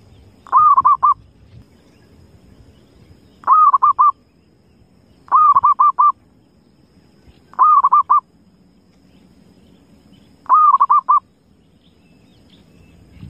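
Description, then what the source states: Zebra dove calling five times, each short phrase a soft rolling coo broken into rapid beats, repeated every two to three seconds over a gentle low hum. Lure call used for trapping zebra doves.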